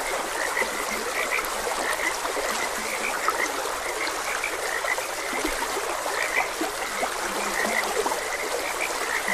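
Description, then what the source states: Frogs croaking continuously, quick high chirps with a few deeper croaks mixed in, above a steady background of flowing water. Frogs croaking beside a gentle stream.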